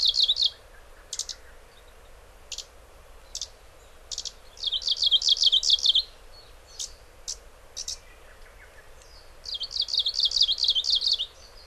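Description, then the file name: Japanese leaf warbler singing fast bursts of high, buzzy repeated notes, separated by scattered sharp high ticks, against a faint low background rumble. Recorded in Hyogo. "mebosomushikui hyogo"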